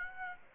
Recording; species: mosquito wingbeat signal from an infrared sensor; Aedes aegypti